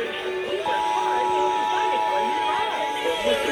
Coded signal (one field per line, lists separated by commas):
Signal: Emergency Alert System (SAME) tones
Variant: 853 and 960 Hz attention tone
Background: speech, music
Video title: MN RMT EAS 1711-1716 (READ DISC)